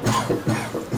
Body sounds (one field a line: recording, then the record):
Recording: coughing mixed with background sound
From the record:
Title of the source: Cough Around the Clock!